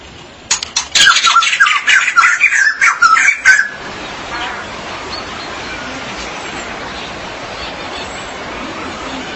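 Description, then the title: Magpie-robin or shama song: a three-second burst of rapid harsh chattering and whistled notes, then low background noise. "BM Suara Burung Murai"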